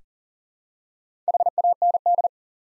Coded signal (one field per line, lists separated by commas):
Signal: Morse code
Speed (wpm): 42 wpm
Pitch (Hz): 700 Hz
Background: none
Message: HAND